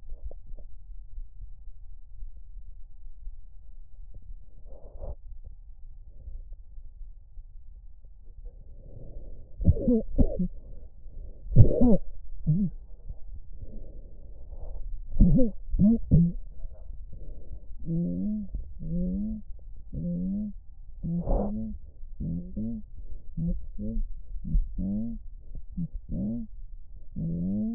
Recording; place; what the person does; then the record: lung sounds by stethoscope; left posterior apical chest; quiet breathing, then cough and speech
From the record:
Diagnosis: COPD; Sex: female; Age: 68 years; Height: 150 cm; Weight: 70 kg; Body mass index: 31.1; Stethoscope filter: extended mode